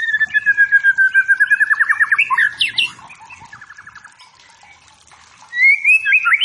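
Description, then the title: White-rumped shama singing a long series of quick repeated whistled notes climbing into a buzzy flourish, a pause with soft twitters, then a bright rising whistle. Wild forest white-rumped shama, used as training material for competition songbirds, meant to provoke and build fighting spirit in caged birds. "Masteran Murai. Murai Batu Hutan"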